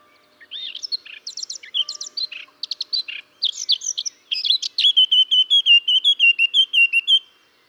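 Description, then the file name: Eurasian blackcap song: busy, squeaky warbling for about four seconds, then a bright, fluty run of repeated whistled notes. "Sylvia atricapilla"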